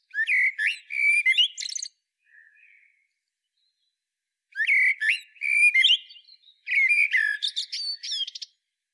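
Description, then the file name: Eurasian blackbird singing three phrases of mellow fluted whistles and high squeaky twitters, the first followed by a faint soft note and a pause, the last two almost back to back. "Turdus merula"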